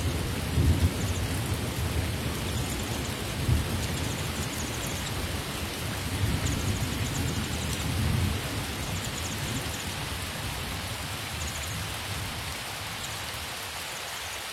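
Heavy rain pours steadily over a rainforest, a dense, unbroken hiss filling everything from low to high. Deep rumbles swell near the start and again around four and eight seconds. The downpour thins slightly in the last few seconds, its low end softening.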